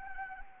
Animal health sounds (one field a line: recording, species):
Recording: mosquito wingbeat signal from an infrared sensor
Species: Anopheles arabiensis